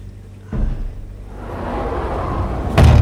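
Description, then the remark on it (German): A heavy door slams shut, trapping people inside a place well below freezing, with a loud, deep thud near the end, after a softer knock and a rising rumble of background noise. “Oh, die Tür!”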